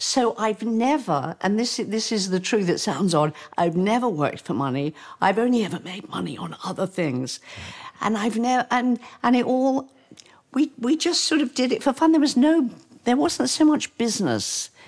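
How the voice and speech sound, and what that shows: Adult woman speaking in conversation, with spasmodic dysphonia: a rare, progressive, neurological voice condition, somewhat Parkinsonian, with no cure, first diagnosed as hysterical dysphonia. She also has tremors.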